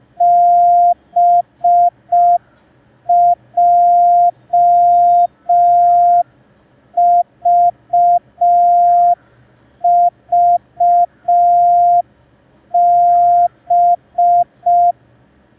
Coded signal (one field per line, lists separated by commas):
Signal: Morse code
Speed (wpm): 5 wpm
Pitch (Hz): 700 Hz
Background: none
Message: BJVVB